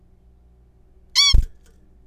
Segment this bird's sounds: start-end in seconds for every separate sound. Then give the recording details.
1.16-1.34. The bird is a juvenile. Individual R3428